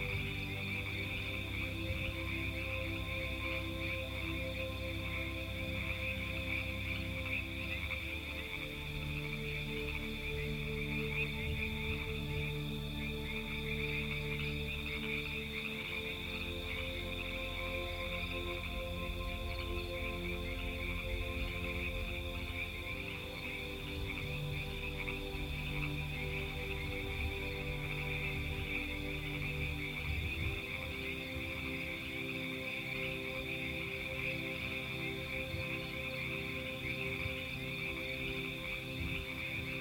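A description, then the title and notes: A dense, steady frog chorus chirps and trills high and bright throughout, unbroken. Underneath, soft sustained music holds low, warm chords that shift every several seconds, around 8, 15, 23 and 30 seconds, at an even volume. The Natural Song of FROGS Combined with a Relaxing MUSIC. The soft natural song of frogs, a true symphony of the forest.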